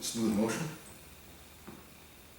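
A person handles the spring-loaded plunger and spring of a J.C. Higgins Model 10 shotgun bolt, compressing them to press back into the steel bolt in one smooth motion, while someone talks. The clip ends just before the part goes home, so nothing has seated or clicked yet.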